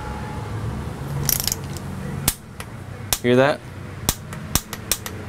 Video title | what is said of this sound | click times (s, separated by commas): How To Service A 4 Stoke Outboard Motor | hear that that means it's the spark plug it's already torque and you do not want to go more than this | 2.3 s, 3.1 s